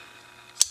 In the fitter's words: locks in tight